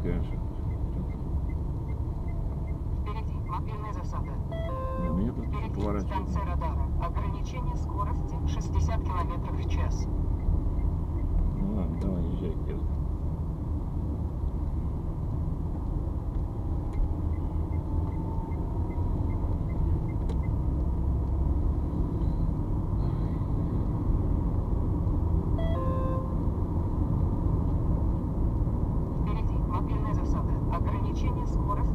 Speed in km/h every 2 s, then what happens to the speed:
24, 23, 23, 25, 27, 29, 27, 27, 29, 33, 37, 40, 43, 45, 46, 47.
0-14 steady at about 25. 14-24 speeds up to 43. 24-32 steady at about 45.